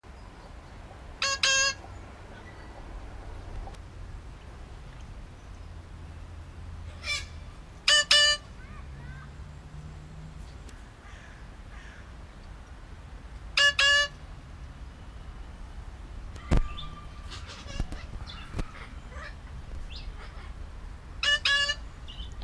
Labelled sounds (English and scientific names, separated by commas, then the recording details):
Eclectus Parrot (Eclectus roratus) call
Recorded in captivity
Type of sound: call
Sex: female
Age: adult
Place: Tiergarten Wilhelma/Stuttgart, Baden-Württemberg, DE
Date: 1998-10-02 17:06
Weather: bedeckt, ca. 14°C
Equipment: Sony MD-WM MZ-R3, Sennheiser MKH 416 T, Kopie Uher 4000 Report Monitor
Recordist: Tembrock, Günter
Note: Weibchen: Laute